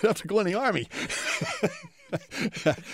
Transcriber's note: laughs